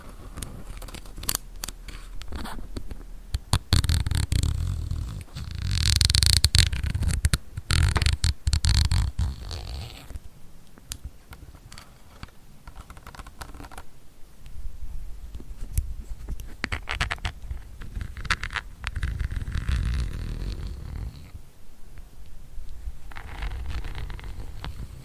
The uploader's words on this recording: ASMR Tingly Lens Tapping, Camera Scratching & Brushing Personal Attention.